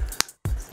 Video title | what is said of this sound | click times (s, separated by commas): Masterpiece Rumble and Ravage MP-15 Review | Wing Parts out you can click them into his back and you will hear a clicking sound so you know that they are securely in there | 0.2 s